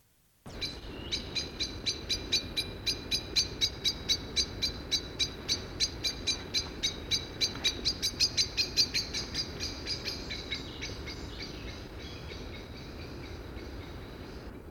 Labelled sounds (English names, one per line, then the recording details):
Common Blackbird call
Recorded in the wild
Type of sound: call
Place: Serrahn, Insel Rügen, Mecklenburg-Vorpommern, DE
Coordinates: 54.51, 13.26
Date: 1969-05-25
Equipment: Nagra III BH, Sennheiser MD 21, parabola
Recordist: Schubert, Michael
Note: Amsel tixt